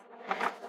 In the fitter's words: hear the click